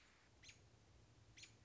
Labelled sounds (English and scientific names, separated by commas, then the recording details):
American Robin (Turdus migratorius)
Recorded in Sonoma County, California